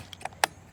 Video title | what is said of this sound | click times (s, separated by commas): Great Beginner Rifle - Valken ASL Model M Review #airsoft #review #airsoftreview | clicks open and if I pull this back you'll see a | 0.4 s